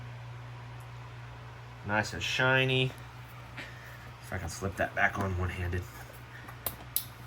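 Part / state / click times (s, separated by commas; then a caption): spark plug boot onto spark plug of lawnmower engine / seated / 7.0 s. Someone talks while pushing a rubber spark plug boot one-handed back onto a new spark plug on a lawnmower engine, over a steady low hum. A faint tick comes at 6.7 s, then a sharp click at 7.0 s as the boot snaps into place and seats on the plug.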